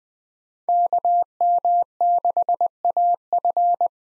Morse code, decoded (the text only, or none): KM6AF